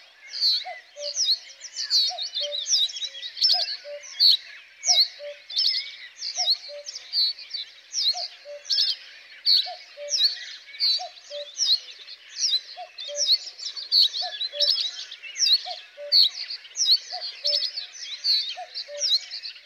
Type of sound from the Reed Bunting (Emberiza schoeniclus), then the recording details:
song. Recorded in the wild. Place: Flögelner See, Schleswig-Holstein, DE. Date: 1999-05-04. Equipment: MiniDisc Sony MZ-R35, Telinga DAT, Telinga-Parabolspiegel. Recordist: Schwarz, Dieter